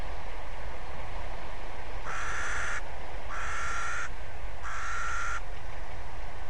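Bird calling three hoarse, grating caws about half a second apart against a constant hum.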